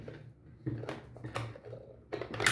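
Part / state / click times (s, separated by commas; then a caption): flap latch on the carrying case of a manual sphygmomanometer / not seated / none. Someone handles the flap latch on the carrying case of a manual sphygmomanometer, closing the flap of the storage case. Soft rustling and light knocks are heard, with brief sharp taps near 0.9 s and 1.4 s and a louder clatter building at the end. Nothing has seated or clicked yet.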